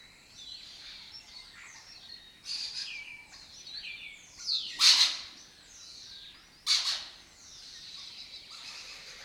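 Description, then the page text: Lesser kestrel calls, rasping notes with a few loud harsh bursts standing out among softer chattering. Migratory colony breeding in an abandoned building complex in Doñana, southern Europe; forages in West Africa. "Lesser Kestrels Took Over an Abandoned Building - wp.earth.fm. A migratory raptor wich spends its foraging time in West Africa and breeds in southern Europe. Here in Doñana"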